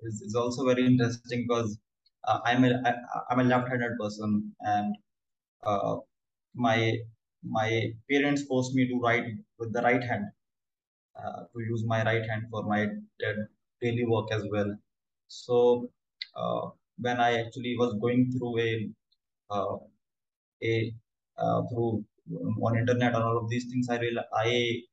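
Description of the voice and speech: A 26-year-old man from New Delhi, India, who stammers speaks in Indian-accented English with repeated words and phrases ("I'm a, I'm a", "my, my"), drawn-out sounds, frequent "uh" fillers and silent pauses of up to nearly two seconds. His stammering began late, around age 8 or 9, and he has never had speech therapy.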